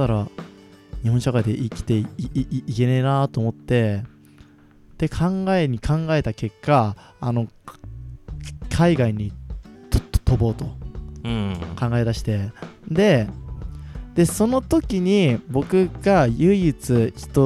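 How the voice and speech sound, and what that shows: An adult man speaks Japanese with a part-word repetition ("to-to-tobō"), drawn-out sounds and frequent pauses, consistent with stuttering.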